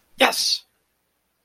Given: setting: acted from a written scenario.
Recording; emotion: vocal sound without words; elation